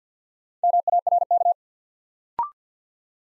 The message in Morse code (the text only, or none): MARK